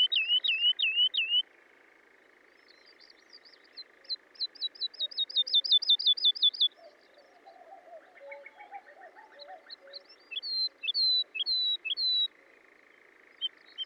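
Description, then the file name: Woodlark song: short series of repeated sweet whistled notes, each phrase a few seconds long with pauses between, a steady hum and faint low notes beneath. "British Library - ZHavoronok Lesnoj"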